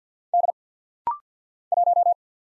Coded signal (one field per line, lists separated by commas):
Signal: Morse code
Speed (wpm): 48 wpm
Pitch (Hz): 700 Hz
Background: none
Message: D 1